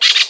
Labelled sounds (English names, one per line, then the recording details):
Brown-throated Parakeet contact call
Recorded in Venezuela
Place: Guárico; Corozopando; Fundo La Fe
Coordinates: 8.506, -67.593